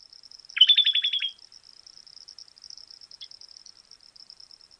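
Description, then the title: Bird call: one short buzzy stuttering trill of quick repeated notes over a steady high thin tone. "LuckyPassaro Completos2Sama"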